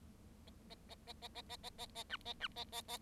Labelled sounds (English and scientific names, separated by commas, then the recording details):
Bengalese Finch (Lonchura striata domestica) song
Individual Bird7